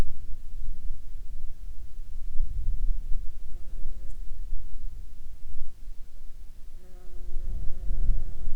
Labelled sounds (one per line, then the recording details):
insects
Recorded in the Prudhoe Bay oil fields, Alaska, on 29 July 2019 at 17:12
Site 21